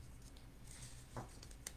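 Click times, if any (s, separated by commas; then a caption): 1.7 s. A plastic ring piece is evened out and pressed onto the plastic weaving form base so it clicks into place on its five points. Over a low steady hum there are a few soft taps and a brief rustle near 1.2 s, then a sharp, bright click at 1.7 s. The ring snaps home and is seated on the form.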